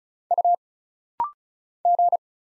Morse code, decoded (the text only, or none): U G